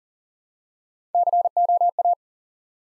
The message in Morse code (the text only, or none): COA